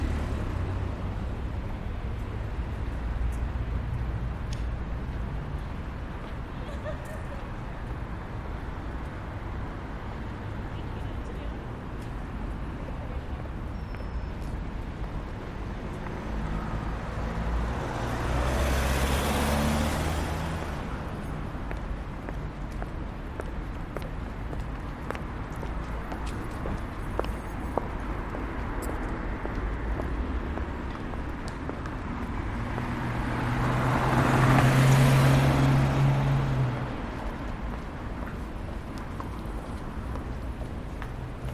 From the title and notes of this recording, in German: Erleben Sie die Geräusche der Londoner Innenstadt.